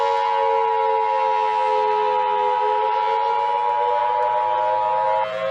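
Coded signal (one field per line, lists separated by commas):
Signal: Emergency Alert System (SAME) tones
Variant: 853 and 960 Hz attention tone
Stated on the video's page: Fictional EAS end-of-the-world scenario, not a real alert.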